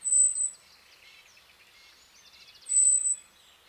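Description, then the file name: Common blackbird with two high, flat, thin whistled calls nearly three seconds apart, faint twittering and a short trill from other birds in between. "Turdus merula"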